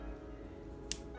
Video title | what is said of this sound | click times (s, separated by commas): MelodySusie “Scarlet” Nail Drill Review from AMAZON -- Nia’s Nails | To release it, you turn it left till it clicks. | 0.9 s